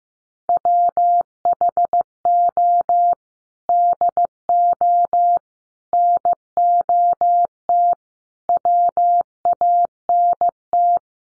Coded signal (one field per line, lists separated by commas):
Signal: Morse code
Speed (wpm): 15 wpm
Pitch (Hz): 700 Hz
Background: none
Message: WHO DO NOT WANT